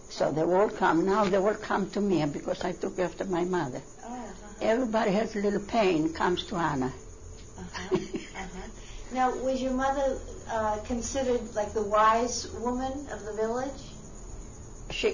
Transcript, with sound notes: So they all come, now they call come to me because I took after my mother. Everybody who has a little pain comes to Anna. ( she laughs )
Now, was your mother considered like the wise woman of the village?